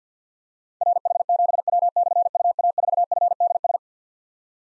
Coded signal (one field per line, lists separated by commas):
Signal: Morse code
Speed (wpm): 52 wpm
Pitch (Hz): 700 Hz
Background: none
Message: RH7W/UA4FDS